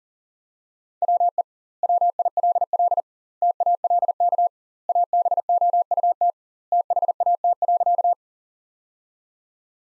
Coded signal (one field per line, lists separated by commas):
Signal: Morse code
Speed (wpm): 40 wpm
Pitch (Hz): 700 Hz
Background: none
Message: WE WILL TALK ABOUT THAT.